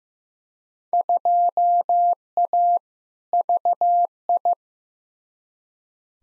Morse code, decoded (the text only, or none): 2A VI